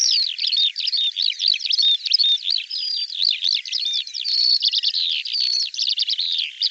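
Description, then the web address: Bird song, a fast, unbroken sequence of high slurred whistles and chattering trills, with a few drawn-out steady notes mixed in. Audio cleaned and normalized. "cianscape birddata Deverinetal 2025 File cleaned normalized Bird Al Ar"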